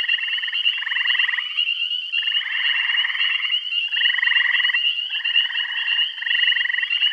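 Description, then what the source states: Frogs produce pulsing, rattling trills of about a second each, overlapping in a dense chorus, while a thin high drone continues behind them. Bath County.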